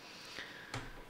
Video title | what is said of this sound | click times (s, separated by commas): Dell MS700 Bluetooth Travel Mouse Review | we'll be good to go just like that it snaps into place | 0.7 s